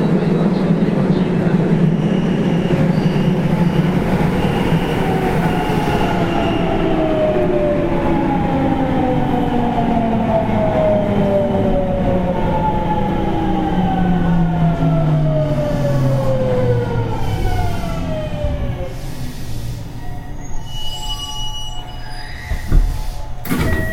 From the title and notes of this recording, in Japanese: JR西日本 207系電車の走行音です。学研都市線からJR東西線へ直通する区間快速列車にて収録しました。区間は、放出から尼崎までです。